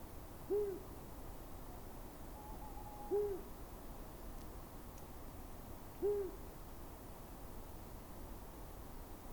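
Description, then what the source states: Long-eared Owl hooting: soft, low single hoots repeated roughly every three seconds against a quiet, steady background hiss. Male singing distantly around midnight for nearly twenty minutes at edge of Scots pine wood, Plateau de Lesches en Diois, Drôme, 17 February 2021, after thaw; Nagra BB+, cardioid MKH40 pair.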